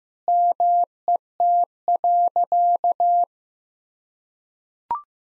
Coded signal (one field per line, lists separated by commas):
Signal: Morse code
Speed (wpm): 15 wpm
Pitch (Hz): 700 Hz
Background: none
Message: MET.